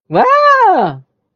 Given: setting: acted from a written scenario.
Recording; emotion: vocal sound without words; positive surprise